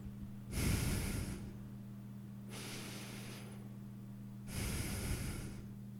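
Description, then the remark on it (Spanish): Three slow, heavy breaths, each a loud, rough, airy rush that swells and fades, separated by pauses, with a steady low hum beneath throughout. “su peso que me aplastaba como una triste figura de papel, y su respiración.”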